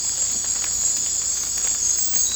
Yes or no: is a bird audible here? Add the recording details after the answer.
no. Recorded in dense forest near Puerto Asís, Putumayo, Colombia, on 18 December 2024 at 01:00. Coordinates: 0.466, -76.327. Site G075